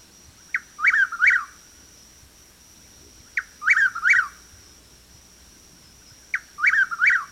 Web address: 101 Bird Songs. Chuck Will's Widow